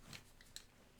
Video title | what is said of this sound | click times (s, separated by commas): Surefire RC3 - It's not the cheapest, it's just the best | or anything like that like I said you can see I just spin it and it just like clicks in place no big deal | 0.6 s